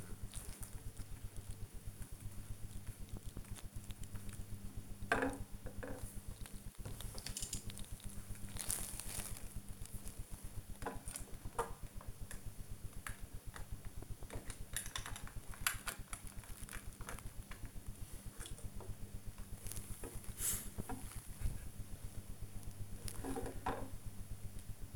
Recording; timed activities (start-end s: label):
household activities, microphone on the right wrist
0.00-24.96 s: building with lego